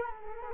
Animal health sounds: mosquito wingbeat signal from an infrared sensor; Culex quinquefasciatus

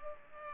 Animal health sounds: mosquito wingbeat signal from an infrared sensor; Culex pipiens

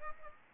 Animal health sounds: mosquito wingbeat signal from an infrared sensor; Aedes aegypti

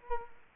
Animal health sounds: mosquito wingbeat signal from an infrared sensor; Culex quinquefasciatus

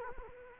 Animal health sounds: mosquito wingbeat signal from an infrared sensor; Culex quinquefasciatus

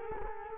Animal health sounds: mosquito wingbeat signal from an infrared sensor; Culex quinquefasciatus

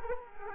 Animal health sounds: mosquito wingbeat signal from an infrared sensor; Culex quinquefasciatus

